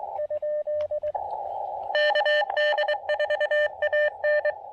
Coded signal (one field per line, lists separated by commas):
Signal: Morse code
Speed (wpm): 21 wpm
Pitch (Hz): 600 Hz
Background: radio noise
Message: ? KD4AN